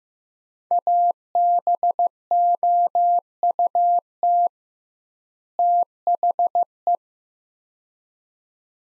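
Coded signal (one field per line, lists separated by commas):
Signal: Morse code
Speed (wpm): 15 wpm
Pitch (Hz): 700 Hz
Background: none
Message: ABOUT THE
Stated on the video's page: Morse practice of two-word sets at 15 wpm with 2x word spacing, a Farnsworth-like method for head-copying phrases.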